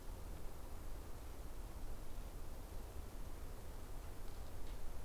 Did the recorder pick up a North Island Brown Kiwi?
no